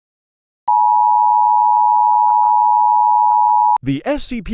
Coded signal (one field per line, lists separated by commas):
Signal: Emergency Alert System (SAME) tones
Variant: 853 and 960 Hz attention tone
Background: speech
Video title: EAS Scenario - Escaped SCP Patient